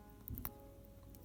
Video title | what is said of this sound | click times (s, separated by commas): Ladies Tudor by Rolex - Princess Oyster Date Ref 92400 Review - Best Alternative to a Rolex Watch? | once you hear it pop and you'll see it come out it's time to wind the watch | 0.4 s